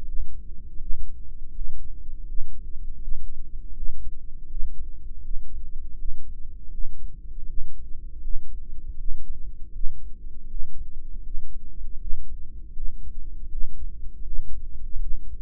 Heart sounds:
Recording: heart sounds by microphone in the left ear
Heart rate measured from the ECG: 80 bpm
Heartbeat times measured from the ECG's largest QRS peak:
0.04 s: heartbeat
0.77 s: heartbeat
1.51 s: heartbeat
2.25 s: heartbeat
2.99 s: heartbeat
3.73 s: heartbeat
4.47 s: heartbeat
5.21 s: heartbeat
5.95 s: heartbeat
6.70 s: heartbeat
7.45 s: heartbeat
8.20 s: heartbeat
8.96 s: heartbeat
9.71 s: heartbeat
10.47 s: heartbeat
11.22 s: heartbeat
11.98 s: heartbeat
12.73 s: heartbeat
13.48 s: heartbeat
14.23 s: heartbeat
14.99 s: heartbeat
From the record:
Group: heart failure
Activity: Valsalva maneuver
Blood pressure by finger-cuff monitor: 114/85 mmHg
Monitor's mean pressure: 96 mmHg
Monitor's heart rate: 80 bpm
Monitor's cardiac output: 3.6 L/min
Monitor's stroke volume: 45 mL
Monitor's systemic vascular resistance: 1930 dyn s/cm5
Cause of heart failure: ischemic heart disease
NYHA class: 2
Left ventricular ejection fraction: 34%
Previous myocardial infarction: present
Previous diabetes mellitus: present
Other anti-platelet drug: present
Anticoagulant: apixaban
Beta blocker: bisoprolol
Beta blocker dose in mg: 10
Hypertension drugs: sacubitril-valsartan, spironolactone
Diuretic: furosemide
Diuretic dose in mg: 40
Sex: male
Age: 57 years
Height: 149 cm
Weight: 44.5 kg

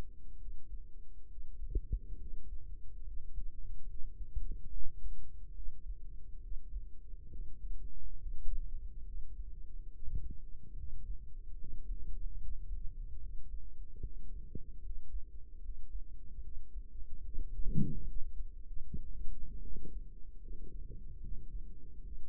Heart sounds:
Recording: heart sounds by microphone in the right ear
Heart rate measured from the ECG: 72 bpm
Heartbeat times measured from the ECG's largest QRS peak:
0.36 s: heartbeat
1.26 s: heartbeat
2.16 s: heartbeat
3.02 s: heartbeat
3.85 s: heartbeat
4.68 s: heartbeat
5.52 s: heartbeat
6.39 s: heartbeat
7.27 s: heartbeat
8.16 s: heartbeat
9.03 s: heartbeat
9.89 s: heartbeat
10.73 s: heartbeat
11.56 s: heartbeat
12.37 s: heartbeat
13.18 s: heartbeat
14.00 s: heartbeat
14.80 s: heartbeat
15.59 s: heartbeat
16.40 s: heartbeat
17.22 s: heartbeat
18.04 s: heartbeat
18.82 s: heartbeat
19.59 s: heartbeat
20.38 s: heartbeat
21.20 s: heartbeat
22.00 s: heartbeat
From the record:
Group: healthy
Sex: male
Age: 35 years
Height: 178 cm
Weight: 64 kg

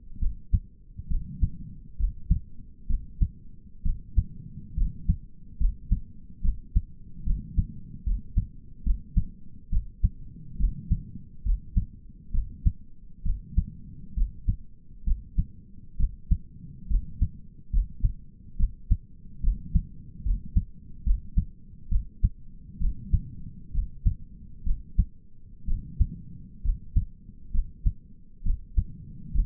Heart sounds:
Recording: heart sounds by stethoscope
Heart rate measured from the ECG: 68 bpm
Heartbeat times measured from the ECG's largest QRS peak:
0.21 s: heartbeat
1.10 s: heartbeat
1.99 s: heartbeat
2.89 s: heartbeat
3.85 s: heartbeat
4.77 s: heartbeat
5.60 s: heartbeat
6.44 s: heartbeat
7.26 s: heartbeat
8.06 s: heartbeat
8.85 s: heartbeat
9.72 s: heartbeat
10.59 s: heartbeat
11.45 s: heartbeat
12.34 s: heartbeat
13.25 s: heartbeat
14.16 s: heartbeat
15.06 s: heartbeat
15.99 s: heartbeat
16.90 s: heartbeat
17.72 s: heartbeat
18.59 s: heartbeat
19.43 s: heartbeat
20.25 s: heartbeat
21.05 s: heartbeat
21.91 s: heartbeat
22.81 s: heartbeat
23.74 s: heartbeat
24.66 s: heartbeat
25.68 s: heartbeat
26.64 s: heartbeat
27.54 s: heartbeat
28.45 s: heartbeat
29.34 s: heartbeat
From the record:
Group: healthy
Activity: cold pressor test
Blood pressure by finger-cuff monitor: 102/72 mmHg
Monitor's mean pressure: 84 mmHg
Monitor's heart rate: 68 bpm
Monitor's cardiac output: 5.6 L/min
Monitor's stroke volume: 82 mL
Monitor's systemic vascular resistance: 1110 dyn s/cm5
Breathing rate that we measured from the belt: 19 breaths a minute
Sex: male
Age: 22 years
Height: 181 cm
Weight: 79 kg

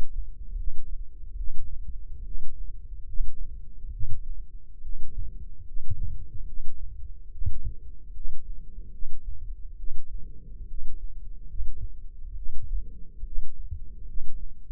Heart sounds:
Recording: heart sounds by microphone in the left ear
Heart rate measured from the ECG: 71 bpm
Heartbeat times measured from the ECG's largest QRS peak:
0.53 s: heartbeat
1.34 s: heartbeat
2.21 s: heartbeat
3.03 s: heartbeat
3.88 s: heartbeat
4.79 s: heartbeat
5.62 s: heartbeat
6.43 s: heartbeat
7.28 s: heartbeat
8.10 s: heartbeat
8.88 s: heartbeat
9.74 s: heartbeat
10.64 s: heartbeat
11.43 s: heartbeat
12.32 s: heartbeat
13.21 s: heartbeat
14.03 s: heartbeat
From the record:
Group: healthy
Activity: rest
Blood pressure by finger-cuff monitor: 99/75 mmHg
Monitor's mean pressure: 82 mmHg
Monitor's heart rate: 72 bpm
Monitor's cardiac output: 5 L/min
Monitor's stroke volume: 70 mL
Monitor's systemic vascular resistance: 1170 dyn s/cm5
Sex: male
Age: 20 years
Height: 187 cm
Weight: 68.9 kg

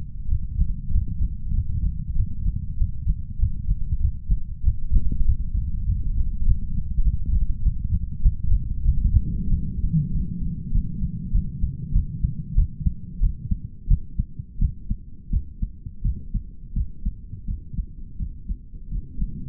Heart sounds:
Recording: heart sounds by stethoscope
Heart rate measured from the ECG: 93 bpm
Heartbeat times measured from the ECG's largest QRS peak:
0.26 s: heartbeat
0.89 s: heartbeat
1.52 s: heartbeat
2.14 s: heartbeat
2.76 s: heartbeat
3.37 s: heartbeat
3.99 s: heartbeat
4.62 s: heartbeat
5.23 s: heartbeat
5.84 s: heartbeat
6.43 s: heartbeat
7.02 s: heartbeat
7.61 s: heartbeat
8.21 s: heartbeat
8.84 s: heartbeat
9.48 s: heartbeat
10.11 s: heartbeat
10.71 s: heartbeat
11.32 s: heartbeat
11.93 s: heartbeat
12.55 s: heartbeat
13.20 s: heartbeat
13.88 s: heartbeat
14.59 s: heartbeat
15.30 s: heartbeat
16.02 s: heartbeat
16.73 s: heartbeat
17.45 s: heartbeat
18.17 s: heartbeat
18.89 s: heartbeat
From the record:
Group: healthy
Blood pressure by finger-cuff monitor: 124/78 mmHg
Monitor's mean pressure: 96 mmHg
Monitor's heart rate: 97 bpm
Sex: male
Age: 33 years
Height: 179 cm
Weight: 80.4 kg

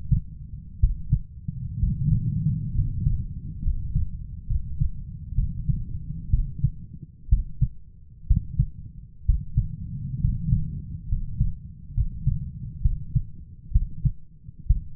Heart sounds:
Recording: heart sounds by stethoscope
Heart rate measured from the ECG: 65 bpm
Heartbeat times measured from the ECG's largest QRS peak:
0.79 s: heartbeat
1.79 s: heartbeat
2.74 s: heartbeat
3.62 s: heartbeat
4.46 s: heartbeat
5.34 s: heartbeat
6.30 s: heartbeat
7.28 s: heartbeat
8.26 s: heartbeat
9.25 s: heartbeat
10.20 s: heartbeat
11.08 s: heartbeat
11.93 s: heartbeat
12.81 s: heartbeat
13.71 s: heartbeat
14.66 s: heartbeat
From the record:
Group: healthy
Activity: rest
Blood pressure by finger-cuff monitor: 108/64 mmHg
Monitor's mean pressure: 76 mmHg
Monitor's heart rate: 62 bpm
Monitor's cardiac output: 7.2 L/min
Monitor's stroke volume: 116 mL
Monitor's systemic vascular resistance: 760 dyn s/cm5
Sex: male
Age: 23 years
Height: 178 cm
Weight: 96.6 kg

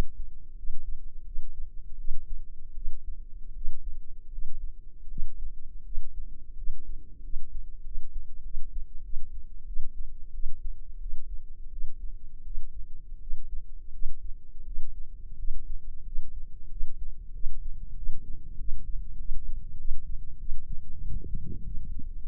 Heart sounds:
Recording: heart sounds by microphone in the left ear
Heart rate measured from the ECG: 89 bpm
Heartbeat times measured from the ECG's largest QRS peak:
0.54 s: heartbeat
1.23 s: heartbeat
1.96 s: heartbeat
2.73 s: heartbeat
3.52 s: heartbeat
4.29 s: heartbeat
5.07 s: heartbeat
5.82 s: heartbeat
6.54 s: heartbeat
7.20 s: heartbeat
7.82 s: heartbeat
8.41 s: heartbeat
9.01 s: heartbeat
9.64 s: heartbeat
10.31 s: heartbeat
10.98 s: heartbeat
11.69 s: heartbeat
12.43 s: heartbeat
13.18 s: heartbeat
13.91 s: heartbeat
14.63 s: heartbeat
15.36 s: heartbeat
16.03 s: heartbeat
16.68 s: heartbeat
17.32 s: heartbeat
17.95 s: heartbeat
18.56 s: heartbeat
19.16 s: heartbeat
19.76 s: heartbeat
20.37 s: heartbeat
21.00 s: heartbeat
21.62 s: heartbeat
22.21 s: heartbeat
From the record:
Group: healthy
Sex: female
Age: 24 years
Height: 163 cm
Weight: 55.7 kg

